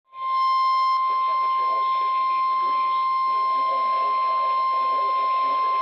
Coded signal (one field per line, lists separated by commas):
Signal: Emergency Alert System (SAME) tones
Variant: 1050 Hz attention tone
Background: speech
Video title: Severe Thunderstorm Warning for Jefferson and Dodge Counties In Wisconsin. (EAS 331) 10/23/23.